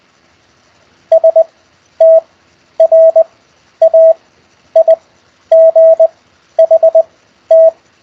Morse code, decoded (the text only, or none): STRAIGHT